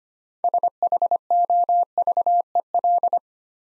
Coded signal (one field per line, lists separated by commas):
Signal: Morse code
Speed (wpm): 29 wpm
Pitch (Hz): 700 Hz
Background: none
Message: SHOVEL